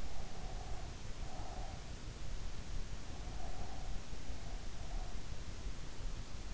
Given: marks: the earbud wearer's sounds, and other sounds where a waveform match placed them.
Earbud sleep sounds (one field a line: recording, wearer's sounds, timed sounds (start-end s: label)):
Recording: sounds in sleep by an in-ear microphone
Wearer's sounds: breath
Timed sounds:
0.11-2.06 s: breath
3.13-5.22 s: breath